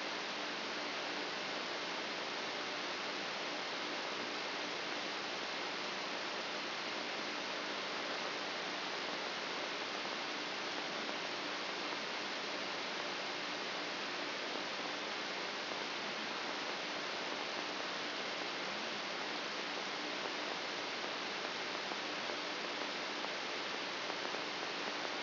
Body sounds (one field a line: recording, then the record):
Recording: brain microelectrode recording played as sound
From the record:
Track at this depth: inside the subthalamic nucleus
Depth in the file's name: 0.429 mm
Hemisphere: left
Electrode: 3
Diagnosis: Parkinson's disease